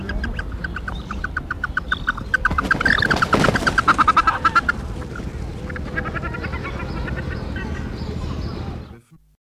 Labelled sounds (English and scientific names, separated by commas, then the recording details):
Andean Goose (Chloephaga melanoptera) call
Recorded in captivity
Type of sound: call
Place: Tierpark Dortmund, Nordrhein-Westfalen, DE
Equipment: Halbspur, 9,5 cm/s
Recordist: Lütgens, Hans
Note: Von "Schaja" (?) angegriffen